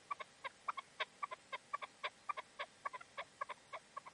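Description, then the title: Partridge or tinamou giving quiet, rapid clucking notes, several each second, somewhat uneven in rhythm. "Canto de Perdiz. CANTO DE LA PERDIZ"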